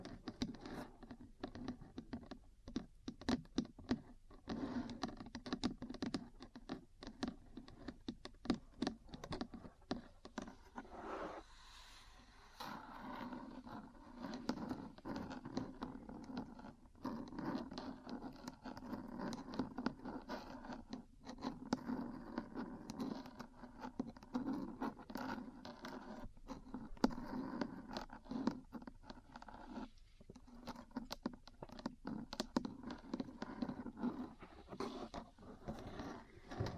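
Metal parts tap and scratch in a dense, irregular patter of small clicks and rattles running the whole length, close and fairly bright. A brief quieter scraping stretch comes near the eleventh second, then the busy tapping resumes, with a low hum underneath throughout.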